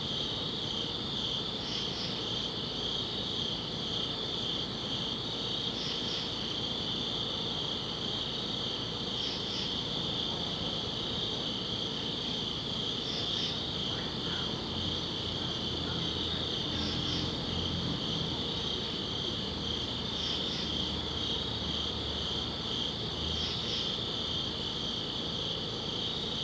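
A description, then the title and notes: Crickets chirp steadily outdoors at dusk, a bright continuous trill with a louder pulsing call repeating about every three to four seconds. Underneath, a low, constant rumble of traffic or wind fills the background, swelling slightly around the middle and end. Ext. Summit Crickets, Dusk. Summit Crickets, Dusk by Bandeto.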